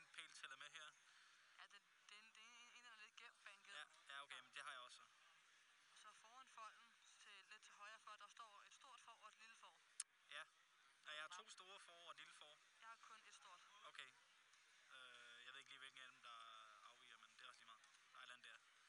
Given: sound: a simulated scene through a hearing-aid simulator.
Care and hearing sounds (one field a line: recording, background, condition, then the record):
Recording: conversation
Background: quiet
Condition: 55 dB SPL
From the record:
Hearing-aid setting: I (fast-acting compression, audibility-based gain)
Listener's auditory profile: D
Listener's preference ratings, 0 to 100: 29, 10, 40